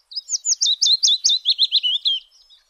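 Willow warbler singing one clear, liquid phrase of quick whistled notes that cascades downward in pitch and fades at the end.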